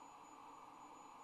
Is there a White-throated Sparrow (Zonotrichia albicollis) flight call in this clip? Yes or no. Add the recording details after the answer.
no. No flight call is heard. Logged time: 06:47 on 26 November 2014